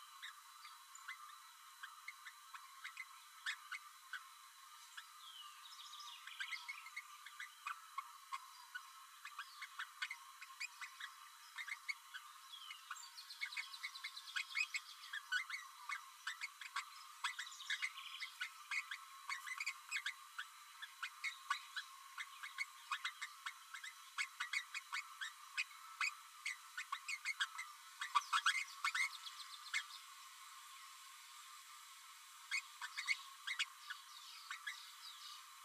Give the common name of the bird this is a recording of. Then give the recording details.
Green-rumped Parrotlet. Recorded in a nest box in Venezuela. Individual 18B12A3